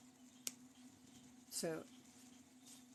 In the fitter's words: and I push that down just till it clicks once because the Fabric's thick so